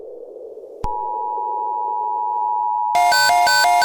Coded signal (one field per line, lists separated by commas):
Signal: Emergency Alert System (SAME) tones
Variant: 853 and 960 Hz attention tone